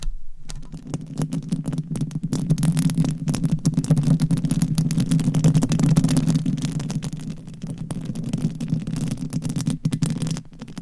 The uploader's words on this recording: ASMR Mic Scratching - Brain Scratching with 10 Mics Asmr No Talking for Sleep with Long Nails.